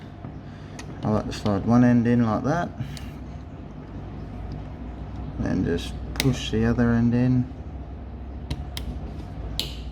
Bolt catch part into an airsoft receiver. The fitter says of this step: sure you hear it click and snap in place and that will make your bolt catch work